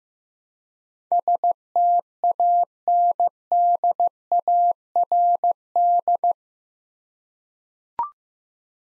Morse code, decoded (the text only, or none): STANDARD